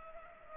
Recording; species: mosquito wingbeat signal from an infrared sensor; Culex pipiens